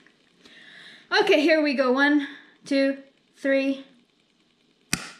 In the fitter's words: guys tutup sampai ada bunyi klik karena si cairan yang di sini nanti akan menyampur ke udah gua okey